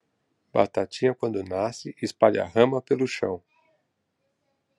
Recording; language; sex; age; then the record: short text; Brazilian Portuguese; male; 50 to 59 years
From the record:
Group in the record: control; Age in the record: 50 years